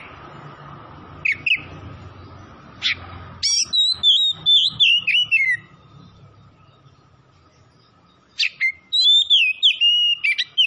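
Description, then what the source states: Oriental magpie-robin song of a few sharp notes followed by fluid, descending whistled phrases, pausing before another burst; faint constant hum. Kacer singing vigorously (gacor) from Tretes.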